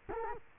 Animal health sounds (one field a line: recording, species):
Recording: mosquito wingbeat signal from an infrared sensor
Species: Culex quinquefasciatus